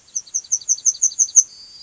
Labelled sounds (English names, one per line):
Yellowhammer song